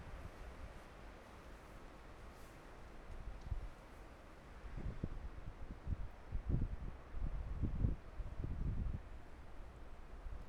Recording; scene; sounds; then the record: everyday scene through a hearing-aid microphone; wind on the microphone; gentle breeze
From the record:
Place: parking lot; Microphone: behind the ear, right, rear